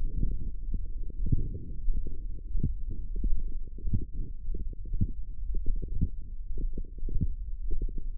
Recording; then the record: forearm muscle sounds (acoustic myography)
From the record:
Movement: wrist extension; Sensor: system 1, eight BSWA MPA416 microphones around the upper forearm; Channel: 3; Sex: male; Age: 23 years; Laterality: right